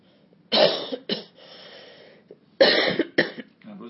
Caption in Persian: کل خونه ما مثل شما الان دارن سرفه میکنن. الان دو سه هفته است، فقط صبح که بیدار میشم اینطوری بعد سرفه میکنن.